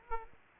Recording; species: mosquito wingbeat signal from an infrared sensor; Aedes aegypti